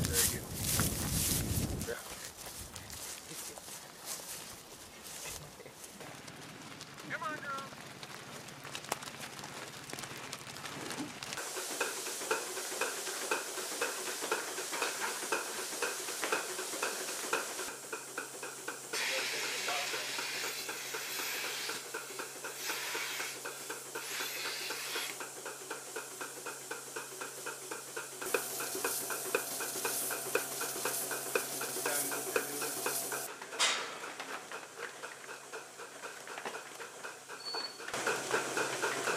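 Machinery runs at a dairy farm: a steady low hum under dense, sizzling hiss, like spraying water or steam. The opening seconds bring louder rumbling and knocks, the hiss swells strongest from about 18 to 33 seconds, and faint voices sit underneath.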